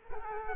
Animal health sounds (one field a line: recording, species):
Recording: mosquito wingbeat signal from an infrared sensor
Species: Culex quinquefasciatus